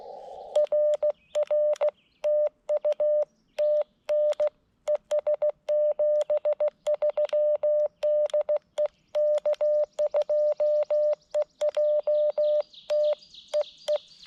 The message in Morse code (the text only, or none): RR TU TN ES 73 DE K2EJT EE